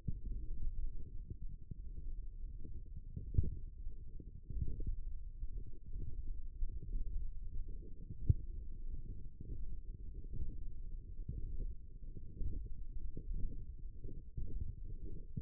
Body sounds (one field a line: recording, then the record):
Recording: forearm muscle sounds (acoustic myography)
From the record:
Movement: radial deviation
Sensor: system 1, eight BSWA MPA416 microphones around the upper forearm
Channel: 3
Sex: male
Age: 18 years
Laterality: right